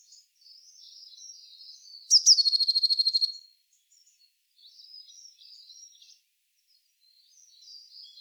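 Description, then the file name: Eurasian blue tit: soft high twittering, then a loud rapid churring rattle of evenly spaced pulses lasting over a second, followed by more quiet chatter. "Cyanistes caeruleus"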